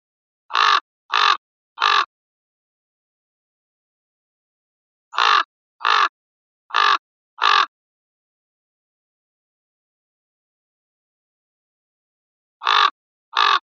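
Common raven croaking in bouts: three rough caws, a pause, four more, then two after a long gap, each note harsh and hoarse.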